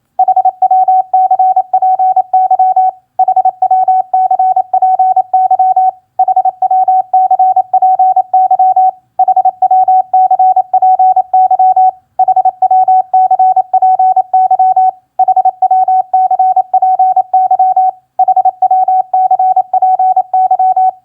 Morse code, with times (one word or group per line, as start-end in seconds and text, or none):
0.2-2.9 HWCPY
3.2-5.9 HWCPY
6.2-8.9 HWCPY
9.2-11.9 HWCPY
12.2-14.9 HWCPY
15.2-17.9 HWCPY
18.2-20.9 HWCPY